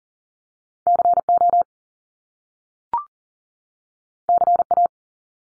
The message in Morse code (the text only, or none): CO CA